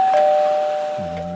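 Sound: doorbell ringing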